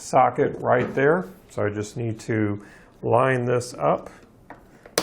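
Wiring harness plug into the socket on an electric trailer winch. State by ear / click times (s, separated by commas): seated / 5.0 s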